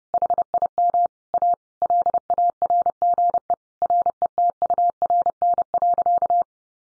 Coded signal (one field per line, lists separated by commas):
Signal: Morse code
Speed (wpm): 30 wpm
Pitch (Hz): 700 Hz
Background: none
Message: HIM A LARGE RETURN.